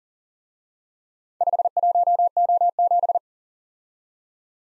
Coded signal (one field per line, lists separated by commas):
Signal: Morse code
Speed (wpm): 38 wpm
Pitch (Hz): 700 Hz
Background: none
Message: 51O7